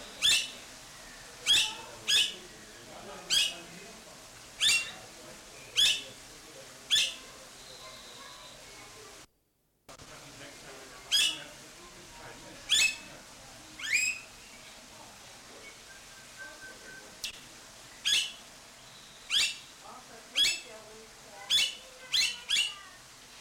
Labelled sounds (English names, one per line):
Blue-faced Honeyeater